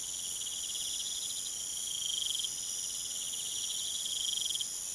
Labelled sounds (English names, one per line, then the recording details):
none
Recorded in pastures near Puerto Asís, Putumayo, Colombia, on 23 June 2025 at 01:30
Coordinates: 0.486, -76.323
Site H29